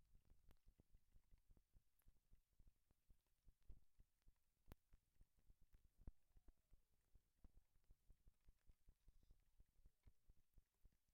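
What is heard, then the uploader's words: A contact microphone frozen in melting ice picks up a dense, irregular stream of soft low pops and clicks, with occasional sharper cracks. This is a quiet recording of a contact microphone frozen in melting ice. Freeze contact microphone/hydrophone in ice (soup can filled with water). Signal: Cold Gold small hydrophone/coated contact mic -> Aquarian Audio buffer amp -> Sound Devices MixPre-3.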